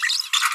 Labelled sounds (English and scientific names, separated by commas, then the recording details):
Green-rumped Parrotlet (Forpus passerinus) babbling
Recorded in a nest box in Venezuela
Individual 18B25A4